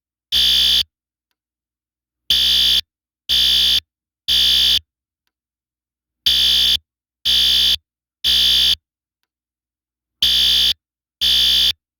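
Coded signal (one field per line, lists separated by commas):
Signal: alarm pattern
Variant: electronic horn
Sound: harsh buzzing horn blasts in groups of three, each half a second, repeating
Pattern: temporal three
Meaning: Temporal-3 signal: evacuate the building due to fire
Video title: System Sensor L Series Temporal Code 3 Fire Alarm Sound Effect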